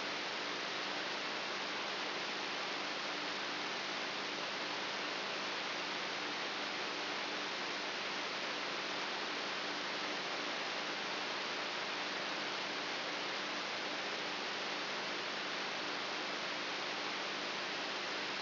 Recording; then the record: brain microelectrode recording played as sound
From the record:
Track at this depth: inside the subthalamic nucleus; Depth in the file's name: 1.84 mm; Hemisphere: right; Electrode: 3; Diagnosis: Parkinson's disease